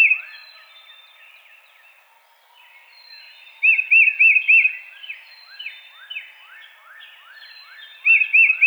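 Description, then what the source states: Tufted titmouse sings two short phrases of arched whistled notes, the second cut off, while another bird gives a series of descending slurred notes in between. Recorded 22 March 2007.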